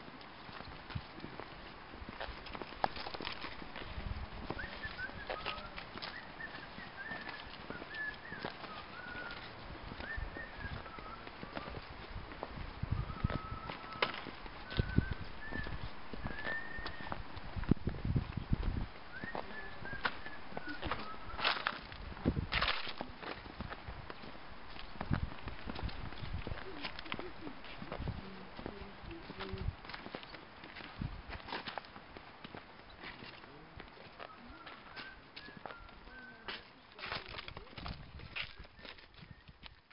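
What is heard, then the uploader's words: Footsteps crunch along a mountain trail while a guide whistles short, bright phrases now and then, clearest around 5 to 18 seconds and again near 37 seconds. Muffled voices murmur underneath, and frequent scuffs and thumps break up an otherwise dense, steady outdoor hush. Walking with a guide (whistling and muffled voices) along a trail in mountains of Namtok Mae Surin National Park in the northwest of Thailand, near the border with Burma.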